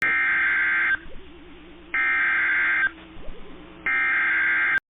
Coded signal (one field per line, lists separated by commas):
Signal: Emergency Alert System (SAME) tones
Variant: header bursts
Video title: Tornado Warning (12/28/25) [EAS #352]